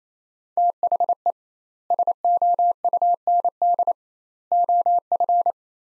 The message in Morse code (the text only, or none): THE SOUND OF